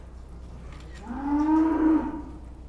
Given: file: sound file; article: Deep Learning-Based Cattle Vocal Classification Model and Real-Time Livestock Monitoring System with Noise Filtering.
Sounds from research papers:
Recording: cattle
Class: food anticipating call

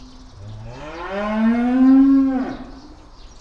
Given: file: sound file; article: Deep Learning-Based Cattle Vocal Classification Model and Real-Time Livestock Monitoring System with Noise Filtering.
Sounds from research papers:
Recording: cattle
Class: estrus call

